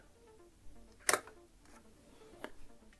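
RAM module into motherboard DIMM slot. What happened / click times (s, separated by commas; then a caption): The module snapped into its slot and the latch closed / 1.1 s. A second RAM memory module is pressed down into its motherboard DIMM slot, and its plastic retention clip snaps closed with a sharp, bright click at 1.1 s. Faint tonal background hum runs throughout, with a smaller tick near 2.4 s, and the module is seated.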